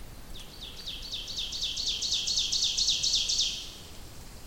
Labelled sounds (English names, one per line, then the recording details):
Ovenbird song
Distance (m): 25 m
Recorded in boreal forest in Alberta, Canada, on 2 June 2016 at 08:06
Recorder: SongMeter 3, array SBT-3-7
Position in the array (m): 259 m, 15 m
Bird 10